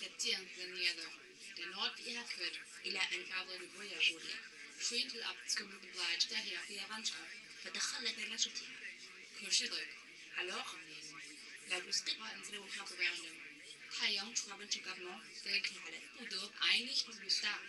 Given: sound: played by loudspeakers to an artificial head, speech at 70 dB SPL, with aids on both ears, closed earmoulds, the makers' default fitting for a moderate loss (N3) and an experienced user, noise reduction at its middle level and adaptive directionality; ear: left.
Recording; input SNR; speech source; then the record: speech test signal (ISTS) in cocktail-party noise; +6 dB; on the right (90 degrees)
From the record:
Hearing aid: class 2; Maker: H